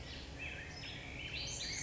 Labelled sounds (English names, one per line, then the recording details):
Black-headed Grosbeak
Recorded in Sonoma County, California